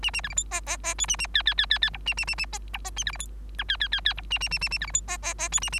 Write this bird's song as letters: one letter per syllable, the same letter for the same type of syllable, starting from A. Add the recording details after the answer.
A A B C D E E E F A A G G G G G H A A A A E H E A B C D I G G G G H A A A A A B C D E E E F A A. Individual Bird3